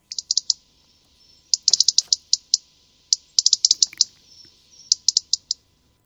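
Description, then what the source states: European robin giving sharp, high metallic tic notes in quick short series, some clustered in rapid bursts, separated by brief pauses. Small metallic tic call, given singly or more often in rapid short series; these calls often express the bird's unease.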